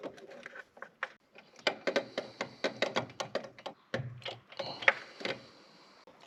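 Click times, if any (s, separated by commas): none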